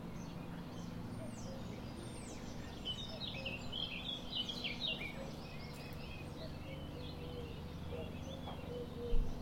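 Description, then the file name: Eurasian blackcap warbling: a burst of bright, varied chirps and whistles lasting about four seconds, then a few quieter scattered notes, over a constant low rumbling background noise. "Sylvia atricapilla"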